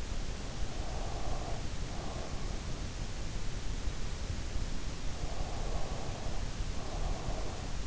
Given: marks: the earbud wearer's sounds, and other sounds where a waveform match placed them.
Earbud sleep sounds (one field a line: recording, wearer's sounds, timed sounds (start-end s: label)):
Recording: sounds in sleep by an in-ear microphone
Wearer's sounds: breath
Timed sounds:
0.71-2.63 s: breath
5.40-7.87 s: breath